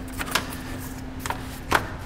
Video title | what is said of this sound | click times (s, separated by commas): ORACLE Lighting Oculus™ ColorSHIFT® Bi-LED Projector Headlights for 2021+ Ford Bronco | and we're going to put our core support panel bag on go ahead and get that intake locked into place | 0.4 s, 1.3 s, 1.8 s